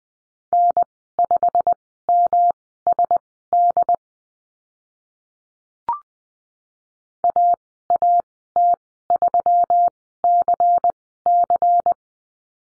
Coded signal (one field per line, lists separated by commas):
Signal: Morse code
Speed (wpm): 20 wpm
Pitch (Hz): 700 Hz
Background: none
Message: N5MSD AAT3CC